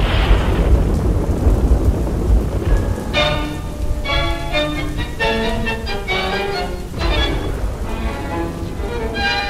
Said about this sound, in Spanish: Por la noche se desató un temporal de lluvia y viento, como hacía tiempo no se veía en la ciudad.